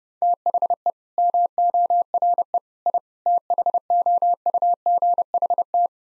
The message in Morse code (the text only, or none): THE MORE I THOUGHT